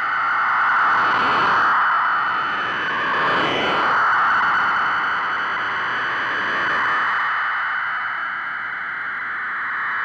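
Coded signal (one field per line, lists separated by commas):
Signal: fast PSK data mode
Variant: PSKR 1880 wpm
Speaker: finally we will take the pskr mode to its outer limits this is the ridiculously fast pskr 1880 words per minute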